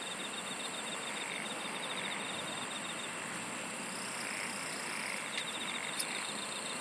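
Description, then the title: Insect chorus of rapid pulsed trills and a steady high-pitched drone, with one sharp click near the end and hissing background noise. "SINGING OF INSECTS"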